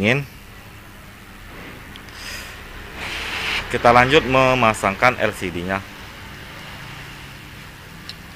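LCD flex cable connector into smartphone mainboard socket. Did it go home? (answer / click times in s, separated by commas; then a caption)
yes / 8.1 s. A replacement LCD's flex cable connector is fitted into its socket on a smartphone mainboard. Someone talks in the middle of the clip over a low background hum, and a brief click is heard at 8.1 s. The connector is seated: the click means it is fully installed.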